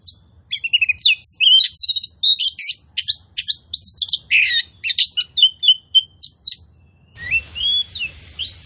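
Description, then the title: Oriental magpie-robin pouring out rapid varied whistles and harsh chips, ending with a few softer looping whistles over light hiss. Kacer song used as a provocation track to make other magpie-robins fight, spread their tails and display; described as loud, continuous bursts (tembakan), gacor plong. "KACER NGOTOT FULL TEMBAKAN. Pancingan Kacer Gacor Plong Plongan Buat Kacer Lain Auto Emosi Buka Ekor Ngobra"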